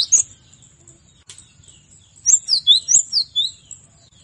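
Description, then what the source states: Cinereous tit delivering a short run of several high, clear, slurred notes after a brief chip, with a steady high whine in the background. Masteran training recording used to teach songbirds.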